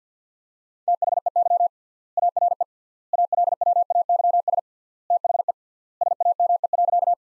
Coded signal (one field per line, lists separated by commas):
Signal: Morse code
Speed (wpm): 50 wpm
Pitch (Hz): 700 Hz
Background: none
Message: THEY ARE ALWAYS THE SAME.